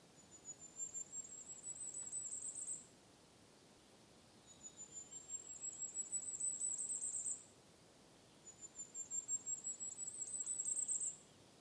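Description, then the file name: Bird song of three very high, thin strophes, each a series of tiny notes growing louder and lasting a few seconds, separated by pauses over a soft hiss. Nordvik, 14 May 2021; three song strophes. "20210514 nordvik 3 strofer"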